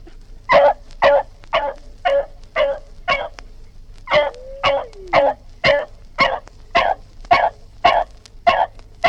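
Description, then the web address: Dog barking in a steady run of sharp, loud barks, roughly two per second, with a brief sliding tone partway through. "Sound Effects-BBC Dog"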